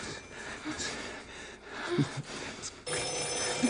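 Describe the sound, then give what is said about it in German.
A telephone rings with a bright, repeating bell tone over a steady background hiss, the rings broken into short bursts across the few seconds. “Das Klingeln macht mich aber nervös.”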